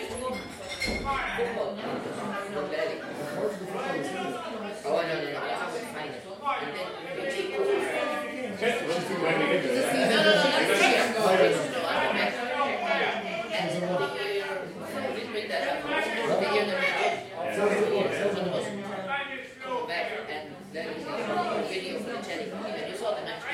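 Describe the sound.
An Irish sing-along: many voices overlap in a dense, steady crowd of talk and singing, louder in the middle, with scattered sharp clatters.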